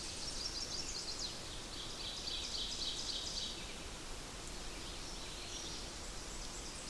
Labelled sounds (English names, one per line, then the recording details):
Ovenbird song
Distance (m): 75 m
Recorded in boreal forest in Alberta, Canada, on 8 June 2016 at 07:27
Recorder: SongMeter 3, array SBT-3-9
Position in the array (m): 51 m, 108 m
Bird 33